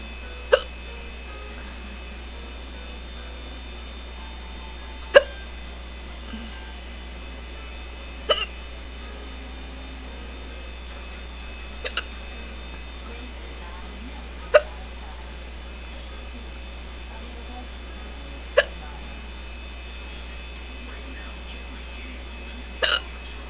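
Seven sharp, brief hiccups from an adult, every three to five seconds, about eighteen a minute, against quiet room hum.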